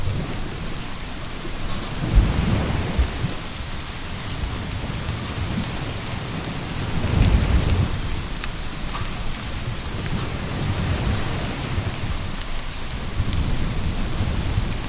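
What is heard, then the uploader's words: Steady rain patters, with fine drops ticking across the upper range throughout. Beneath it, deep rumbling surges swell and recede, rising around two seconds, again near seven to eight, and once more toward the end, like waves rolling in. OCEAN WAVE & GENTLE RAIN SOUNDS. The gentle patter of raindrops and the rhythmic ebb and flow of ocean waves.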